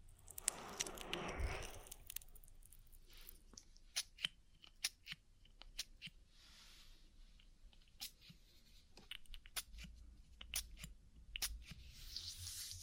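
Oil ear massage with a soft rushing rub in the first two seconds, then scattered sharp crackles and clicks over a quiet hiss.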